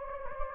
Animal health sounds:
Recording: mosquito wingbeat signal from an infrared sensor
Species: Anopheles gambiae

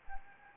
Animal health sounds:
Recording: mosquito wingbeat signal from an infrared sensor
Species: Anopheles gambiae

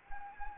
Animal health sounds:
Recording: mosquito wingbeat signal from an infrared sensor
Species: Anopheles gambiae

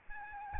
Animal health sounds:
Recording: mosquito wingbeat signal from an infrared sensor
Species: Aedes albopictus

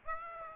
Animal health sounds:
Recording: mosquito wingbeat signal from an infrared sensor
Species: Aedes aegypti

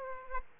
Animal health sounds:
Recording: mosquito wingbeat signal from an infrared sensor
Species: Aedes aegypti

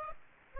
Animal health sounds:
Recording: mosquito wingbeat signal from an infrared sensor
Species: Aedes aegypti

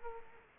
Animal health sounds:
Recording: mosquito wingbeat signal from an infrared sensor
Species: Culex quinquefasciatus

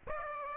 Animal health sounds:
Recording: mosquito wingbeat signal from an infrared sensor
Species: Aedes aegypti

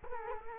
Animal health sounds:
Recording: mosquito wingbeat signal from an infrared sensor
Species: Culex quinquefasciatus

